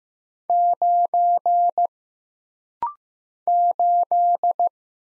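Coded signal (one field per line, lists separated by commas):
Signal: Morse code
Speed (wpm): 15 wpm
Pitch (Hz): 700 Hz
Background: none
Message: 9 8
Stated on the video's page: Rapid-fire Morse practice at 15 wpm: single letters, numbers, punctuation and prosigns, each sent twice for instant character recognition drill.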